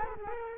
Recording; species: mosquito wingbeat signal from an infrared sensor; Culex quinquefasciatus